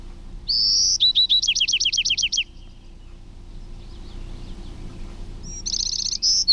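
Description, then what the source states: Bewick's Wren singing: a high whistle, then a rapid series of crisp descending notes; a pause follows before a fast trill and a final sharp note. Adult male singing sharp, crisp songs, four song types, one example of each; an adult repeats one song up to 50 times before switching.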